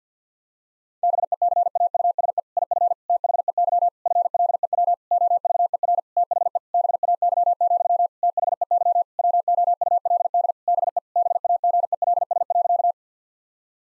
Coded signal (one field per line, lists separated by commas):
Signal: Morse code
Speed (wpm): 50 wpm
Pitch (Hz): 700 Hz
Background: none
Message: BECAUSE IF THEY FLEW OVER THE BAY, THEY WOULD BE BAGELS.